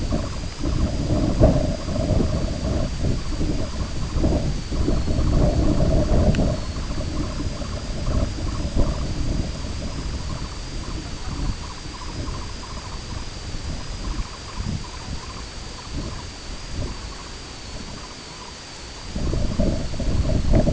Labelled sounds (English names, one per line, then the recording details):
Sanderling
unidentified sound
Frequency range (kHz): Sanderling 0.4-1.8 kHz
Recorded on Arctic tundra, site IGLO-B, on 21 June 2018
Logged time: 09:59